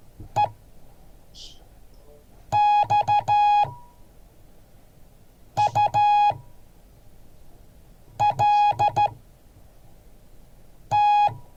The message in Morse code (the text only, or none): EXULT